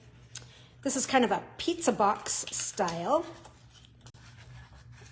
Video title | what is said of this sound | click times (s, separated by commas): Up!STYLE Your Paper Pumpkin "Good Things Come in Small Packages" | a nice little tab right here, and that just clicks right into there, and it forms a nice little, | 0.4 s